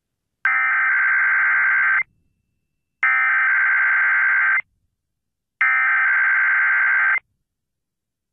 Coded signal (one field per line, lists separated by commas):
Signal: Emergency Alert System (SAME) tones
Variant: header bursts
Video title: KDKA Required Weekly Test (August 4, 2024) (EAS #1118)